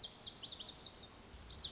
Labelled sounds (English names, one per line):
Lazuli Bunting